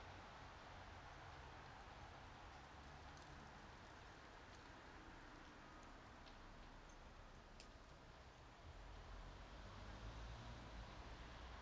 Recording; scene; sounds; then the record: everyday scene through a hearing-aid microphone; in traffic; traffic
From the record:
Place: bus stop on a city main road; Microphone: in the ear canal, right